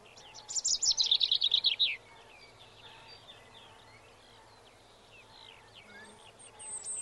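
Robin song opening with a rapid, tinkling trill of about a dozen high notes sliding downward, then fading to faint, scattered chirps and a final high whistle.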